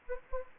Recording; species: mosquito wingbeat signal from an infrared sensor; Anopheles gambiae